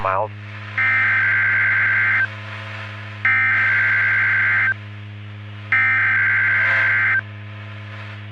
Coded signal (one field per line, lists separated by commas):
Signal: Emergency Alert System (SAME) tones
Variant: header bursts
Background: speech